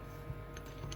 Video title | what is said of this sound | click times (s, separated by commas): How To Install Piston Circlip YZ65, KTM50, KTM 65. Best and Easiest Method | okay make sure if we click there you go you hear that click and it's in | 0.9 s